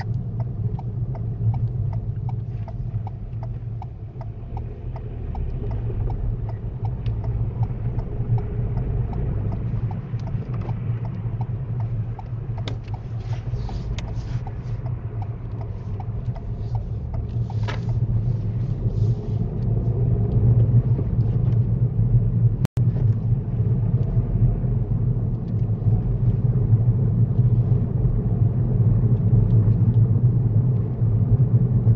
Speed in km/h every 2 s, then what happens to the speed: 10, 5, 10, 15, 15, 8, 8, 10, 13, 19, 21, 24, 27, 29, 29, 27.
3-6 speeds up to 15. 8-10 brakes to 8. 13-24 speeds up to 27. 24-32 steady at about 27.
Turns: 9-16.